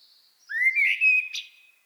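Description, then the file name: Common blackbird giving one short, mellow whistled phrase that rises slightly and ends with a brief squeaky note. "Turdus merula"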